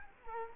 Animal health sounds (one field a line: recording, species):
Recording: mosquito wingbeat signal from an infrared sensor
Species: Culex quinquefasciatus